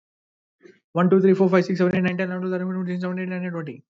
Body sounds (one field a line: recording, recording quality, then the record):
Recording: counting at a fast pace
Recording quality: moderate, slight background noise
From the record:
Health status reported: respiratory illness, not identified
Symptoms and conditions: chronic lung disease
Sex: male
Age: 26 years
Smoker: not ticked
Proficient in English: yes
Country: India